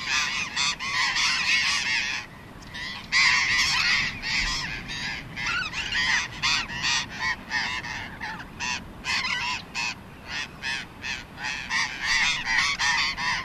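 Burrowing parakeet flock, many harsh screeching calls overlapping in a constant raucous chatter with brief gaps throughout.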